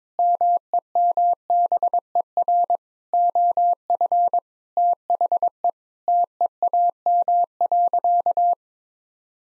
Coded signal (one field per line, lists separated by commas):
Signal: Morse code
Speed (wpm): 22 wpm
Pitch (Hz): 700 Hz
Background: none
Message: MEMBER OF THE TEAM.